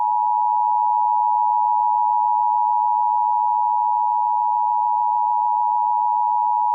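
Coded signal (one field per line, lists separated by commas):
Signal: Emergency Alert System (SAME) tones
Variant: 853 and 960 Hz attention tone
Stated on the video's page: Severe thunderstorm warning from the National Weather Service relayed over an FM station.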